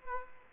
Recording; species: mosquito wingbeat signal from an infrared sensor; Culex quinquefasciatus